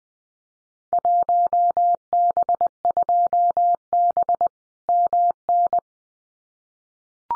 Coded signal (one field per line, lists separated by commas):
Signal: Morse code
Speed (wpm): 20 wpm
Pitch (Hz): 700 Hz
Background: none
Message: 1B2B MN